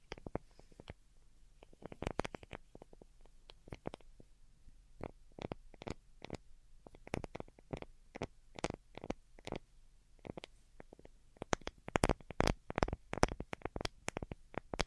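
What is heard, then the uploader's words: Delicate tapping in quick, irregular clusters of sharp clicks throughout, with a few louder taps near twelve seconds over a faint low hum. ASMR DELICATE Tapping for Sleep (No Talking).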